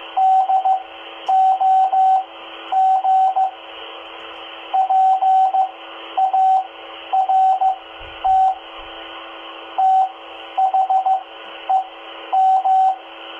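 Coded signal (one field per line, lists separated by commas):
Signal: Morse code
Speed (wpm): 15 wpm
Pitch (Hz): 760 Hz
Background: radio noise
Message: DOG PART THEM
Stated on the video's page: CW practice during a net on the 2 m repeater at 146.825 MHz FM, received on Baofeng UV-5R and Explorer QRZ-1 handhelds.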